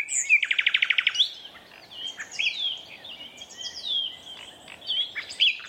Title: Sound Escape 119: An astonishing nightingale duet in a Dorset woodland